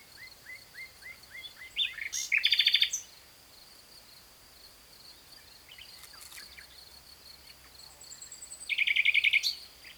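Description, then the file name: Common nightingale song: a row of quick slurred notes, then a loud rapid buzzy trill, a pause, and another harsh trill near the end. A steady high hum runs underneath. "Luscinia megarhynchos"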